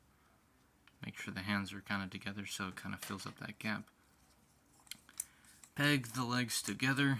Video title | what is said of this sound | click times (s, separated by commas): [-STUDIO SERIES-] 86 Coranation starscream review | Close up the chest until you hear that snap. | 0.9 s